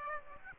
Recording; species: mosquito wingbeat signal from an infrared sensor; Aedes aegypti